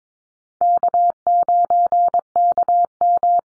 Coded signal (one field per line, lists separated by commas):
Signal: Morse code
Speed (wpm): 22 wpm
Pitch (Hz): 700 Hz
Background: none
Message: K9KM